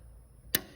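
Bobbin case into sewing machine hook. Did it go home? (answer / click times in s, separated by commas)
yes / 0.5 s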